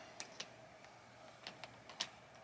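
A pan head's SmallRig quick release plate is handled against the quick release clamp on a tripod, producing a few light, sharp ticks and taps near 0.2, 0.4, 1.5, 1.6 and 2.0 seconds over a quiet background. The plate has not seated or snapped into the clamp yet.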